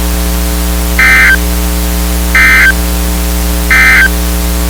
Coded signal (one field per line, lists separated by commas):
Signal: Emergency Alert System (SAME) tones